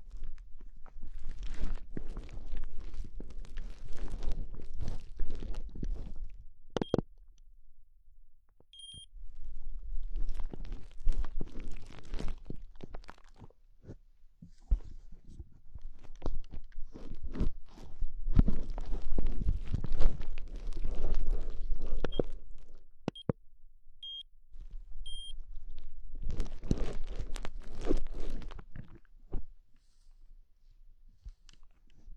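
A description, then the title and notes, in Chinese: Ear cleaning with assorted sticks: dense crackly scratching and crunching in bursts of a few seconds, broken by short quiet pauses around 7, 14 and 30 seconds. Faint high little tones chime softly near 9 and 23–26 seconds. 用各种棒棒清理你的耳朵。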